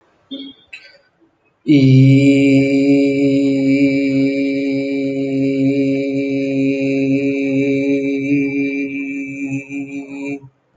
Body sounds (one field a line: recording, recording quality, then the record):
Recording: sustained vowel as in beet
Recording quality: excellent, no background noise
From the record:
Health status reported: healthy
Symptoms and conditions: none ticked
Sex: male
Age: 28 years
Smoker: not ticked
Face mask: not worn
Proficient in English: yes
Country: India